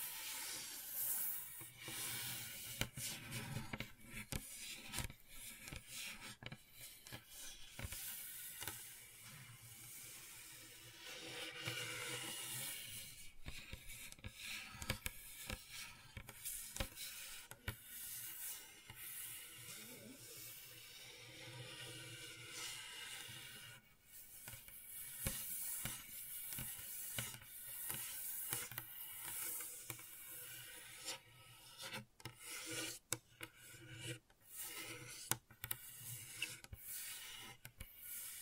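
Gentle scratching and rubbing with a soft hiss running through it. Dense, uneven strokes come in irregular bursts, with a brief quieter stretch around 24 seconds before the scratching picks up again and continues to the end.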